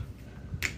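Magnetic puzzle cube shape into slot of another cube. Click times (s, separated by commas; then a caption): 0.7 s. A shape of a magnetic shape-shifting puzzle cube is fitted into a slot on another cube against a low background hum. A single sharp magnetic snap is heard at 0.6 s as the piece clicks into place and seats.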